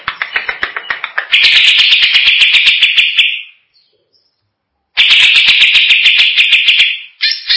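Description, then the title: Greater green leafbird song, a fast, steady run of sharp high notes that swells into a dense ringing trill, breaks off, then starts again. "Cucak ijo"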